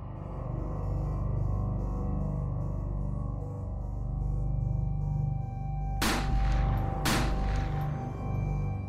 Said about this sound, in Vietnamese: Tùy Ý nâng súng lên, nhắm đầu những thây ma gần mình nhất mà nổ súng liên tục.